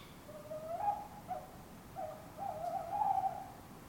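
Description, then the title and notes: Tawny owl hooting in a fainter series: a rising drawn note, short breaks, then a longer quavering hoot, over a steady background hiss. Two tawny owls calling in an urban setting, Surrey, England; recorded from a bedroom window with a handheld digital recorder. "Couple of Tawny Owls calling, Surrey, England"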